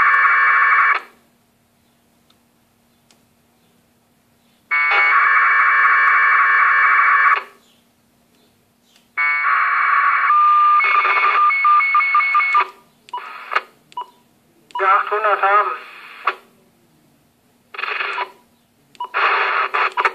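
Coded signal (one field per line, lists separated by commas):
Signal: packet radio (AX.25, as in APRS)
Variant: 1200 baud AFSK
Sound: several harsh warbling data bursts, a few seconds each, with quiet gaps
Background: radio static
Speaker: a lot of the channels are busy this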